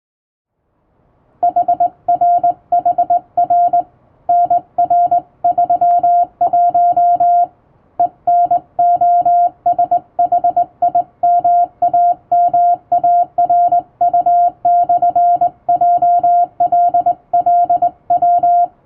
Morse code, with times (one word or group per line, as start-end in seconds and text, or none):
1.4-3.8 HRHR
4.3-7.4 NR31
8.0-18.6 ENOSHIMAMARU/JLLW